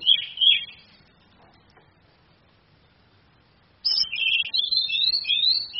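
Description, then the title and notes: Orange-headed thrush singing high, fluty whistled notes, a short phrase at the start, silence, then a longer run of rising and falling varied whistles. Female; masteran (training) recording for other birds, charged via a mobile phone screen. "ANIS KEMBANG BETINA CAS DENGAN LAYAR HP. Masteran Anis Kembang"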